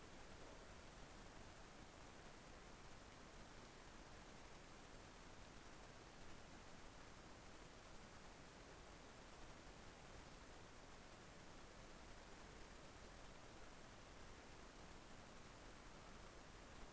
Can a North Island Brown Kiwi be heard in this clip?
no